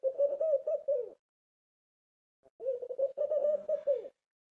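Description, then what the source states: Dove cooing in two low phrases separated by a pause of over a second. Calling a companion from a window.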